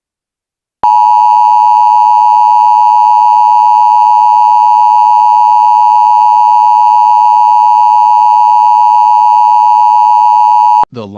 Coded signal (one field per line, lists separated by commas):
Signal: Emergency Alert System (SAME) tones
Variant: 853 and 960 Hz attention tone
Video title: eas scenario the worst west Coast day!